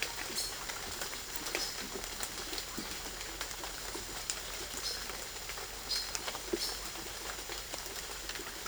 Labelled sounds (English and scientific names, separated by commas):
none